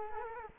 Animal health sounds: mosquito wingbeat signal from an infrared sensor; Culex quinquefasciatus

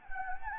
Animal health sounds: mosquito wingbeat signal from an infrared sensor; Anopheles gambiae

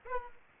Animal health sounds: mosquito wingbeat signal from an infrared sensor; Aedes aegypti

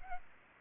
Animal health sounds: mosquito wingbeat signal from an infrared sensor; Aedes albopictus

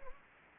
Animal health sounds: mosquito wingbeat signal from an infrared sensor; Anopheles gambiae

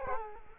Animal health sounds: mosquito wingbeat signal from an infrared sensor; Culex quinquefasciatus

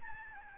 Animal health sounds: mosquito wingbeat signal from an infrared sensor; Aedes albopictus

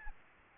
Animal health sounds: mosquito wingbeat signal from an infrared sensor; Aedes albopictus

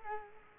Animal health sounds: mosquito wingbeat signal from an infrared sensor; Culex quinquefasciatus

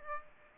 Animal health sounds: mosquito wingbeat signal from an infrared sensor; Aedes aegypti

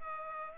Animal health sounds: mosquito wingbeat signal from an infrared sensor; Culex pipiens

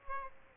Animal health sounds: mosquito wingbeat signal from an infrared sensor; Aedes aegypti

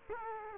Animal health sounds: mosquito wingbeat signal from an infrared sensor; Culex quinquefasciatus

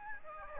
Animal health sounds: mosquito wingbeat signal from an infrared sensor; Aedes albopictus

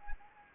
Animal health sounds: mosquito wingbeat signal from an infrared sensor; Anopheles arabiensis

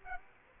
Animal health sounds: mosquito wingbeat signal from an infrared sensor; Aedes aegypti

